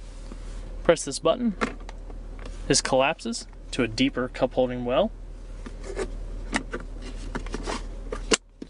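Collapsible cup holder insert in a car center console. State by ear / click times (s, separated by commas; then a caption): seated / 8.3 s. In a 2012 Cadillac SRX Performance Collection, the collapsible cup holder insert in the center console is pressed down to make a deeper cup holder, then pushed back up while someone talks, with light rubbing and small ticks in between. At 8.3 s a sharp, loud snap is heard as the insert seats back into place, and the sound drops quieter afterward.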